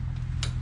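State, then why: Seated. The socket end of a gas hood strut on a Jeep Wrangler is pressed onto the ball stud of a hood bracket. A low steady hum runs throughout, with one sharp click at 0.4 s. The strut end pops onto the ball stud and seats.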